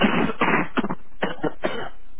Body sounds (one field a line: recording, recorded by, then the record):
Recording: voluntary cough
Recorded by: telephone call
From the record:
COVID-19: positive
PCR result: self-reported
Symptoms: yes